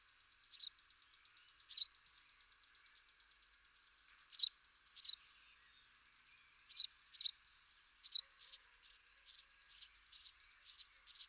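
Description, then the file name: House sparrow chirping, sharp high chirps given singly and in pairs with pauses, then quickening into a steady series of shorter chirps near the end. "Passer domesticus"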